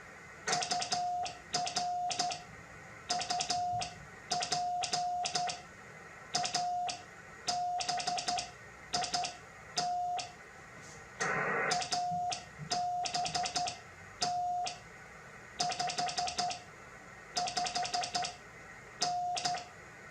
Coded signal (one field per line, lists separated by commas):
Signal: Morse code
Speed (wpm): 12 wpm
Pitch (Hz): 720 Hz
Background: none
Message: UR UP A BIT ABT 55N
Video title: #HamRadio Live! Show 243 Part 2 About The Least Used Bands In Ham Radio. 2200m and 630m Thanks N4POD